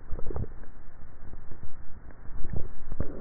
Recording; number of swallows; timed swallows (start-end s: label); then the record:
swallowing sounds by neck microphone; 2
0.15-0.75 s: swallow
2.25-3.05 s: swallow
From the record:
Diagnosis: dysphagia